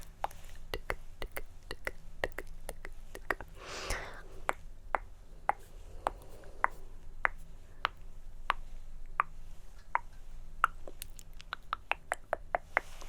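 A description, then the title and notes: Sharp tongue clicks pop, spaced roughly every half second at a fairly even pace for the whole stretch. Around four seconds a brief wet, breathy smear interrupts them. A low steady hum sits underneath. ASMR Tongue Clicking & Personal Attention.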